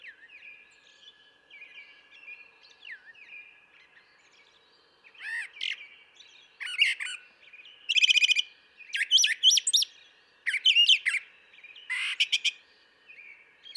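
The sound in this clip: Brown thrasher song that begins with soft slurred notes, then grows louder into harsh, rattling and chipping phrases, several repeated in pairs.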